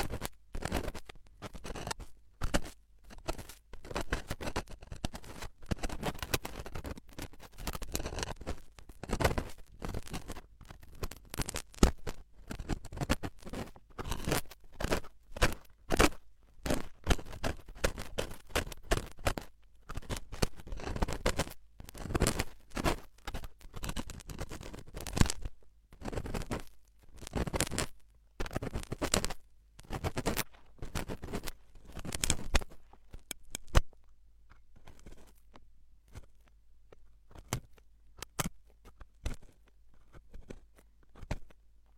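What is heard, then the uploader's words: Ear cleaning with a steady run of sharp crackles, scratches and pops, dense and irregular for most of the 42 seconds. Bursts cluster and thin out in turns, and the clicking grows sparser and quieter after about 34 seconds, with a low hum underneath throughout. Penetrating ear cleaning.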